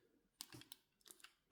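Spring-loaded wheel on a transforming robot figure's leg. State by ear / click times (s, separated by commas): not seated / none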